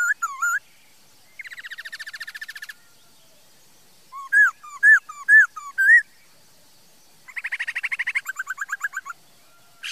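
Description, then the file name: Laughingthrush singing slurred whistles, a steady buzzy trill, loud rising-falling notes, and then another long buzzy trill. "Tieng khuou hot"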